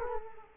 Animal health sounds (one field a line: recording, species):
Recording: mosquito wingbeat signal from an infrared sensor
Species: Culex quinquefasciatus